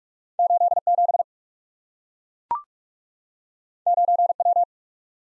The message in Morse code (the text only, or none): 8 7 9 W